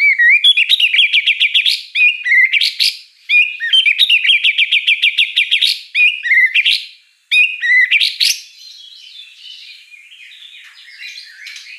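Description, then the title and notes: White-rumped shama song of rapid, rhythmic trilled phrases repeated in loud bursts, broken by brief gaps, ending in softer scratchy warbling. Lure song for white-rumped shama, described as energetic with a rich, varied repertoire. "Pancingan Gacor Murai Batu Bongkar Isian Mewah. Murai Batu Dongfeng"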